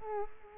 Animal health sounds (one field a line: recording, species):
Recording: mosquito wingbeat signal from an infrared sensor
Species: Culex quinquefasciatus